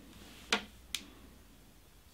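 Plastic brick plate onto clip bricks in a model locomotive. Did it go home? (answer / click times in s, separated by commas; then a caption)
no / none. A plastic building-brick plate is pressed down onto thick clip pieces in a BlueBrixx Special 102921 USA 4884 Big Boy model locomotive, meant to latch from above. Two short, sharp plastic ticks sound at about 0.5 s and 0.9 s, with quiet background before and after. Nothing has seated or clicked into place yet: the gap is too big for these thick clips (thin black clips might work), so the part pops out every few minutes.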